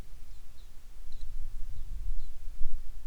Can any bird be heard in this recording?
yes